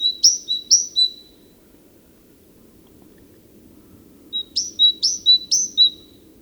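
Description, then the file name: Great tit song: clear two-note phrases, high then lower, repeated twice, a pause of about three seconds, then three more phrases; faint low hum throughout. "Parus major"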